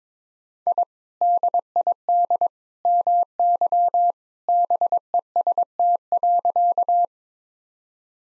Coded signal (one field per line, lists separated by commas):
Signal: Morse code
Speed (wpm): 22 wpm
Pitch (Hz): 700 Hz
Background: none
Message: I DID MY BEST.